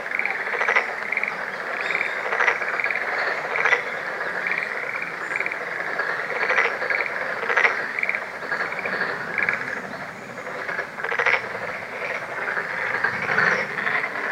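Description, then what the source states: Black-spotted pond frog chorus: many rattling, pulsed croaks overlap steadily, with louder bursts recurring every second or two. Recorded 21 April 2014.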